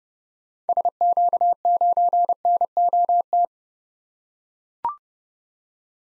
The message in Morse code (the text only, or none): SQ9NOT